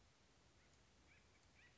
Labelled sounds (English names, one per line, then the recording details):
Acorn Woodpecker
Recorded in Sonoma County, California